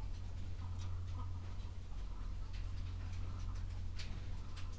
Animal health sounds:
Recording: poultry house recording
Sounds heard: sick chickens (respiratory disease)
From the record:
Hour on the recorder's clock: 11

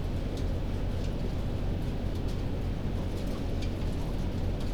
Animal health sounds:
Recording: poultry house recording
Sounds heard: healthy chickens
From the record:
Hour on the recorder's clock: 1

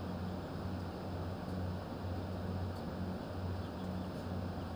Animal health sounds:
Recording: poultry house recording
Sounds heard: healthy chickens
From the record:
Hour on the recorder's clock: 22

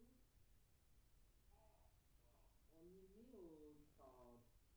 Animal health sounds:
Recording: poultry house recording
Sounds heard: no chicken sound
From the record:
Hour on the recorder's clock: 14

